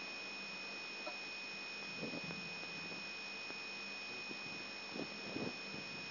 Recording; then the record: brain microelectrode recording played as sound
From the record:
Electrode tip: outside the subthalamic nucleus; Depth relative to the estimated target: -8 mm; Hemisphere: right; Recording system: AlphaMap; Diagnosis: Parkinson's disease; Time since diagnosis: 14 years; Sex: male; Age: 66 years